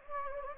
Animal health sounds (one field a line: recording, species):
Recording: mosquito wingbeat signal from an infrared sensor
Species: Anopheles gambiae